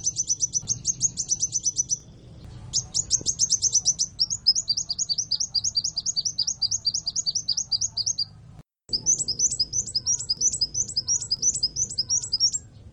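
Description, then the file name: Van Hasselt's sunbird song: long runs of rapid, high, thin repeated notes, broken by two short pauses. "kolibri wulung omkicau"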